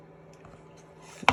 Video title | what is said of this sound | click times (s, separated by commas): You Won't Believe How Easy Xenomorph SV08 Assembling Can Be | you hear the click okay in | 1.3 s